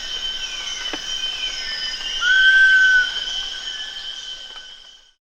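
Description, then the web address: Giant pitta making one clear whistled call, a short upward slur leveling into a sustained note, against a constant shrill buzz of insects. Recorded at Danum on 1 August 2009. "DANUM 20090801 giant pitta"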